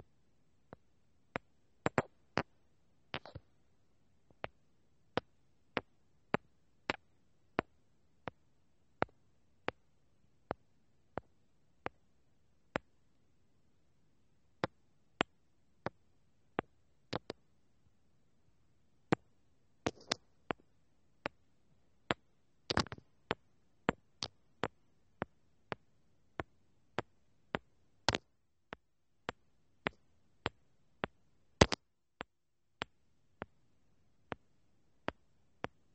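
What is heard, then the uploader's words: Sharp, dry taps land one at a time at an uneven pace, roughly one or two per second with brief pauses and a few quick doubles. Each tap is crisp, sounding like a fingertip or small object striking a hard surface. Lots of tapping and much more.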